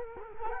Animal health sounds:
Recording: mosquito wingbeat signal from an infrared sensor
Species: Culex quinquefasciatus

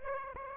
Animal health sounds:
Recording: mosquito wingbeat signal from an infrared sensor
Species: Aedes aegypti

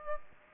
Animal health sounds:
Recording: mosquito wingbeat signal from an infrared sensor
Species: Aedes aegypti

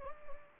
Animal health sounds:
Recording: mosquito wingbeat signal from an infrared sensor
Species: Anopheles gambiae

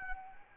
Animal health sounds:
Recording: mosquito wingbeat signal from an infrared sensor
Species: Anopheles arabiensis

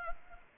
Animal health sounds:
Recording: mosquito wingbeat signal from an infrared sensor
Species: Culex pipiens

